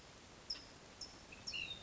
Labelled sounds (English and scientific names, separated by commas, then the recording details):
Ash-throated Flycatcher (Myiarchus cinerascens)
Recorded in Sonoma County, California